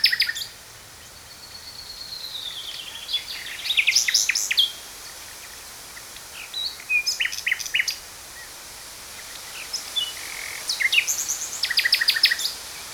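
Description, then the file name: Common nightingale song: bursts of rapid, varied high notes, buzzy trills and clicking rattles, separated by pauses, with a long drawn-out whistle early on; steady background hiss. "Luscinia megarhynchos"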